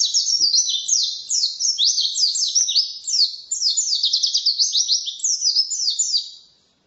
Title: mster Mnuk. Pleci ngalas isian untuk masteran